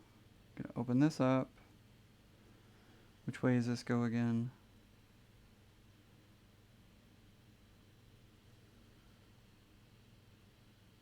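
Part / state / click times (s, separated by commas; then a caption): sewing machine part (likely presser foot or bobbin cover) into sewing machine / not seated / none. Someone talks while opening up a part of a sewing machine, likely the presser foot or bobbin cover, and working out which way it goes back in. The part is handled but has not seated or clicked into place yet, followed by a long quiet stretch.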